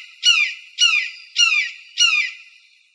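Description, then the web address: Red-shouldered hawk giving four loud, ringing, down-slurred screams in quick, even succession, about two per second. Recorded 15 March 2003. "Birds of Prey AZFO RSHA deviche 031503"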